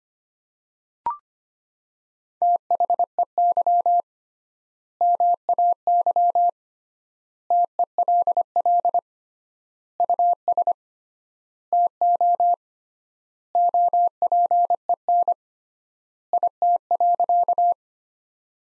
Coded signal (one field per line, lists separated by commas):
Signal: Morse code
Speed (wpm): 25 wpm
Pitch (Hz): 700 Hz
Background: none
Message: THEY MAY TELL US TO OPEN IT.